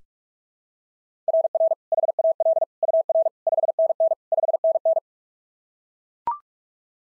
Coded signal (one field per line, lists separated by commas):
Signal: Morse code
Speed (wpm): 42 wpm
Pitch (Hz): 660 Hz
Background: none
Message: RR HAL UR 5NN 5NN